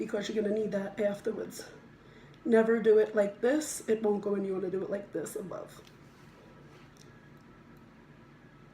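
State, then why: Not seated. Someone talks while handling an insulin pump infusion set and its plastic spring inserter, holding the set above the plastic piece of the inserter before pushing it down. Nothing has seated or clicked yet, and the clip ends just before the set goes home in the inserter.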